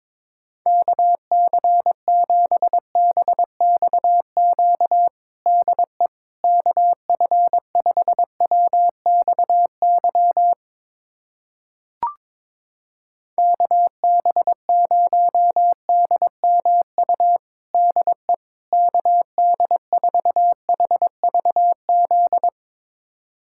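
Morse code beeps at one steady mid-pitched tone, sent in rapid bursts, pausing near twelve seconds where a single click sounds, then resuming.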